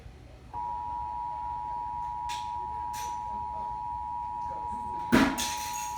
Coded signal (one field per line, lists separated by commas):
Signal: Emergency Alert System (SAME) tones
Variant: 853 and 960 Hz attention tone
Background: speech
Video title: Tornado Warning for Escambia & Santa Rosa WKSM-TV (EAS #1)